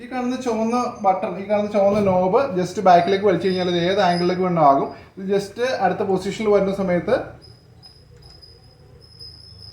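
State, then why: Not seated. With its red knob pulled back, the angle-adjustable cutter head on the shaft of a cordless multifunction tool attachment is rotated toward the next angle position. Someone talks for about the first seven seconds, then only a faint, quiet background remains. The head has not yet locked or clicked into place.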